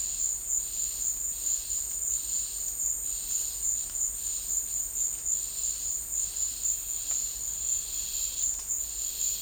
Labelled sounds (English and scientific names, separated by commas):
none